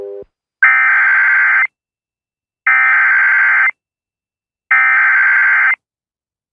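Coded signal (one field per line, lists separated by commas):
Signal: Emergency Alert System (SAME) tones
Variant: header bursts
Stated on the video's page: Alert relayed by an internet radio station that rebroadcasts emergency alerts from across the United States, with non-local alerts delayed 3 to 5 minutes.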